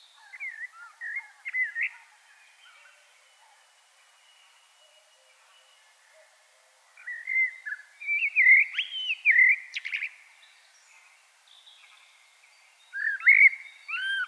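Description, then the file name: Common blackbird singing scattered whistled phrases with squeaky, rising notes, separated by long quiet gaps. "Turdus merula"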